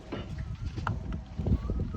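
The bottom of the plastic power distribution center (fuse box) cover under the hood of a 2006 Jeep LJ is pressed shut during a TSB repair for an OBDII monitoring problem. Several clicks are heard against low rumbling noise, with the sharpest, loudest snap at 0.9 s. The cover is seated, snapped closed and snug.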